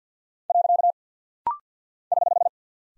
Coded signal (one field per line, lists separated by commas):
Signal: Morse code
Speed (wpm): 50 wpm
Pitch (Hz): 700 Hz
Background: none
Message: . <HH>